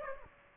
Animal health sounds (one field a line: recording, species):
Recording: mosquito wingbeat signal from an infrared sensor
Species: Aedes aegypti